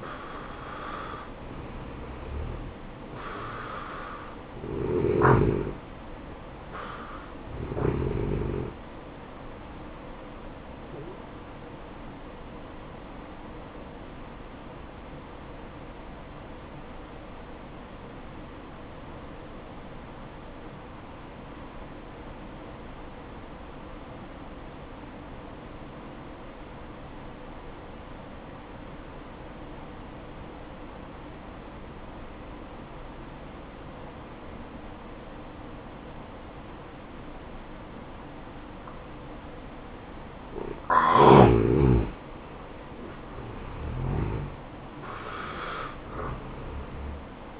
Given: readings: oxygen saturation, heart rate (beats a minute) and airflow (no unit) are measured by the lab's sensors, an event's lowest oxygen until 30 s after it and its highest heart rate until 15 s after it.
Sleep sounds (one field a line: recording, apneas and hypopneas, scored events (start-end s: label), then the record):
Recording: breathing in sleep by a voice recorder at the bedside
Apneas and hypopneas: 1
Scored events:
7.00-47.60 s: new sleep stage, N1 (lightest sleep)
15.00-40.80 s: obstructive apnea (N1, oxygen 95% highest, then 86% lowest, heart rate 55 at the start, 70 highest)
From the record:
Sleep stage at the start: N2 (light sleep)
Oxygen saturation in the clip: 86 to 95%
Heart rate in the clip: 55 to 71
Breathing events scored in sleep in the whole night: 573 in 9.8 hours asleep